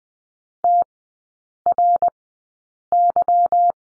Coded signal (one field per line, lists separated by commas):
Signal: Morse code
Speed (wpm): 20 wpm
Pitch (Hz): 700 Hz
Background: none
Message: TRY